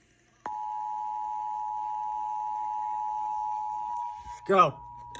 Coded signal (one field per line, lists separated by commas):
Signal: Emergency Alert System (SAME) tones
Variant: 853 and 960 Hz attention tone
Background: speech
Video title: EAS 931-933 WFLS, WBQB, and WJON/IP relays the Fredericksburg Monthly Test